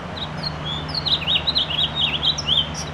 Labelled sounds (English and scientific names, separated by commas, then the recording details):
House Finch (Haemorhous mexicanus) song
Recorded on Long Island, New York, on 7 June 2011
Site MV
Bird A